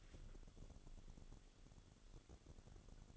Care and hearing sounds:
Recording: daily activity, microphone in the room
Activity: take from stove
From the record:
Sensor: 4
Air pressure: 1008.8 hPa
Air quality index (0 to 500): 127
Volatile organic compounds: 1 ppm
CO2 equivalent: 925 ppm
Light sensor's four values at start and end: 11/24/9/9 and 11/24/9/9

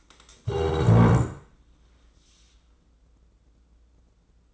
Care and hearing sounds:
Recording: daily activity, microphone in the room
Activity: stand up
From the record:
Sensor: 3

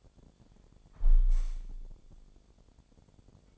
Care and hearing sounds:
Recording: daily activity, microphone in the room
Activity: close window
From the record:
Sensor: 5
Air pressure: 1000.5 hPa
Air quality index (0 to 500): 148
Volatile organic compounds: 2 ppm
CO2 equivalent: 1136 ppm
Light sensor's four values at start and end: 41/96/40/43 and 41/96/40/43

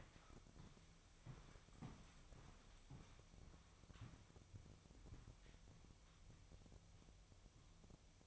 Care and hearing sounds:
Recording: daily activity, microphone in the room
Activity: walk to room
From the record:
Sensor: 1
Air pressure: 999.4 hPa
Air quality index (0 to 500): 198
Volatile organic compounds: 40 ppm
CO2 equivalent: 3148 ppm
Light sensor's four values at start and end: 10/25/10/10 and 10/24/9/10

